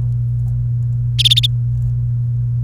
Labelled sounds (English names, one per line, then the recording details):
Domestic Canary song
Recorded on 29 April 2018 at 16:36
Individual llb3